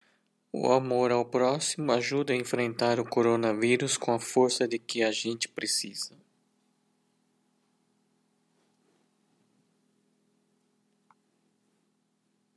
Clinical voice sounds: spoken sentence; Brazilian Portuguese; male; 50 to 59 years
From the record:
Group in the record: control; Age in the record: 57 years

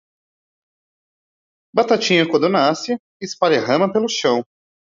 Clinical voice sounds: short text; Brazilian Portuguese; male; 20 to 29 years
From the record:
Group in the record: control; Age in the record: 28 years

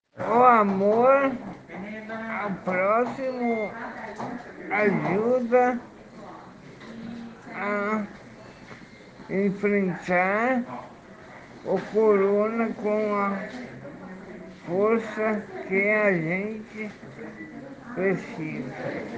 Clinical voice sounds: spoken sentence; Brazilian Portuguese; female; 50 to 59 years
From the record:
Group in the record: respiratory insufficiency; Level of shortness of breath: 5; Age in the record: 55 years

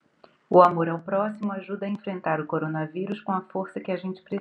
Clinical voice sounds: spoken sentence; Brazilian Portuguese; female; 50 to 59 years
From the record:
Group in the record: control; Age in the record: 50 years

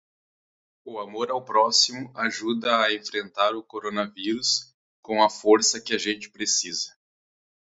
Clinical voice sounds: spoken sentence; Brazilian Portuguese; female; 30 to 39 years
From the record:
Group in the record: control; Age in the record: 35 years

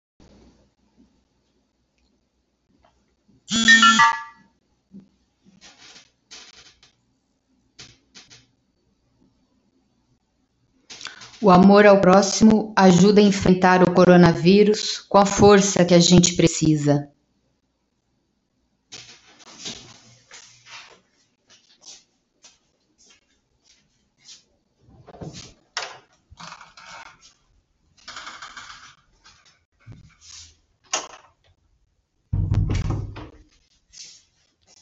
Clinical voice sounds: spoken sentence; Brazilian Portuguese; female; 50 to 59 years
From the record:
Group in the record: control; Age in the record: 54 years

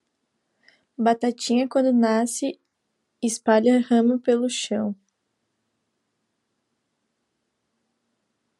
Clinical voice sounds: short text; Brazilian Portuguese; female; 20 to 29 years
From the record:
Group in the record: control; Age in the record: 21 years

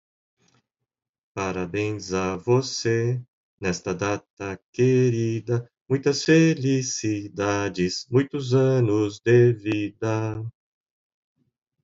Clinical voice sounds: short text; Brazilian Portuguese; male; 50 to 59 years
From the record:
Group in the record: control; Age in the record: 53 years

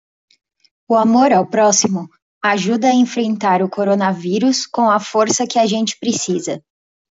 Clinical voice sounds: spoken sentence; Brazilian Portuguese; female; 20 to 29 years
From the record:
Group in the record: control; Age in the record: 25 years

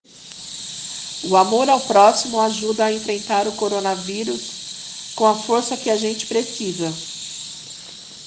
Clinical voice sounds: spoken sentence; Brazilian Portuguese; female; 50 to 59 years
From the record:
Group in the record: respiratory insufficiency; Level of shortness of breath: 5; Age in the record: 50 years

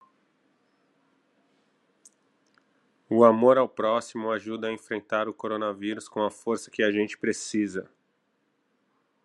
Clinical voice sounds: spoken sentence; Brazilian Portuguese; male; 30 to 39 years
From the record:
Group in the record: control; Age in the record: 33 years

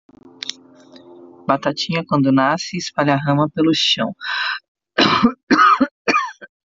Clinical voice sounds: short text; Brazilian Portuguese; female; 50 to 59 years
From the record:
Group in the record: control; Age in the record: 52 years

